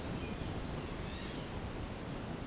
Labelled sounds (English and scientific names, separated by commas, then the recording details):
none
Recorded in dense forest near Puerto Asís, Putumayo, Colombia, on 18 February 2024 at 17:30
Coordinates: 0.503, -76.322
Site G6418